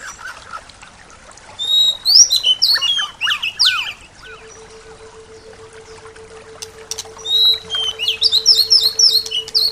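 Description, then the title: Bird song of rapid high chirps and twitters in two bursts, with a steady low hum starting after the first burst and running on to the end. "SuaraBurung Kicau"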